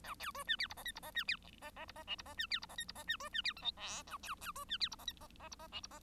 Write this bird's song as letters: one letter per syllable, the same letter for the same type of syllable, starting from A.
A B C D E F G H F G D E G G F G I F G D E F G H F G D C D E J K L A B B C D E F G H G G F G I F G